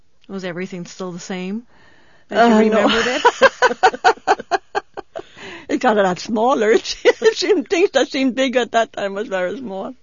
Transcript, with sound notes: Was everything still the same as you remembered it? (she laughs)
It got a lot smaller it seems. The things that seemed big at that time was very small.